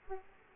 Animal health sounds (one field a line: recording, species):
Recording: mosquito wingbeat signal from an infrared sensor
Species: Aedes aegypti